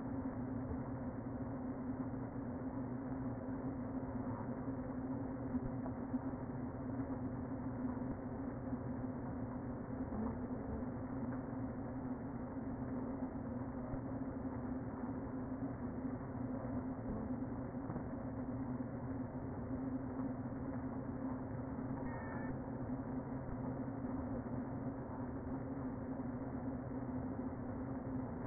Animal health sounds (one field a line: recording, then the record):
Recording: honeybee colony, microphone inside the hive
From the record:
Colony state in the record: queen present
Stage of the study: before two queens were removed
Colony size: about 60,000 bees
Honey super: yes